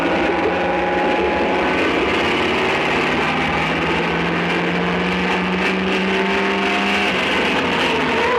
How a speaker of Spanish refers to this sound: Los coches de Johnny y Obregón se acercan a la pista.